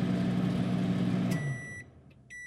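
A microwave oven hums steadily, then the hum cuts off and a bright electronic beep sounds, followed after a short pause by a second beep.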